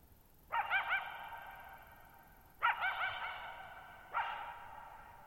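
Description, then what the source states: Coyote giving three yelping barks with quivering yips about every two seconds, each tailing off into a long reverberant fade. Lone coyote at night, July 14, 2019, Thirtymile Meadows, Okanogan National Forest, Okanogan High Country, Pacific Northwest, 6400 ft (1950 m); high dry plateau, shallow-bowl meadow.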